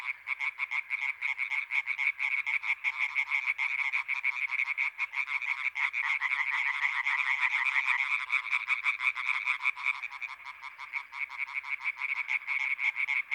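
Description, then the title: European tree frog chorus, loud rapid pulsed croaks from many frogs overlapping in a fast rattling stream, swelling in the middle before easing slightly. Several European tree frogs calling intensely at Étang des Marguilliers, Sologne, France, on 21 May 1993, one hour after nightfall. "Choeur de rainettes en Sologne"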